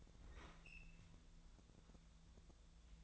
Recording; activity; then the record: daily activity, microphone in the room; open fridge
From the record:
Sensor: 3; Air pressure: 1000.0 hPa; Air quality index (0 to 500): 126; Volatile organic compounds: 2 ppm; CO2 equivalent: 1127 ppm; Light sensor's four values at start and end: 44/111/47/52 and 43/110/47/52